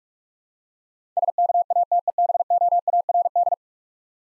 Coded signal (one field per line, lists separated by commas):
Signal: Morse code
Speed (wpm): 44 wpm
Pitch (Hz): 700 Hz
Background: none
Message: SKATEBOARD